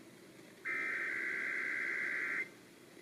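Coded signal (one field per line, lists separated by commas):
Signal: Emergency Alert System (SAME) tones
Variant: header bursts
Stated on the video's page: Real Required Monthly Tests on San Francisco, Sacramento and Fresno AM and FM radio stations.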